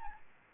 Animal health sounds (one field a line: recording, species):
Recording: mosquito wingbeat signal from an infrared sensor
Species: Aedes albopictus